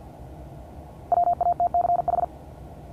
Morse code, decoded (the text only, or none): WATCH